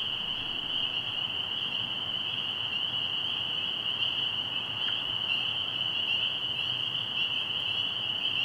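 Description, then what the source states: Spring peepers calling together in an unbroken shrill chorus of high peeps, even and sustained throughout. Chorus at a pond at night in spring.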